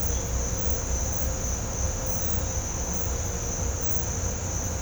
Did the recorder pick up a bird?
no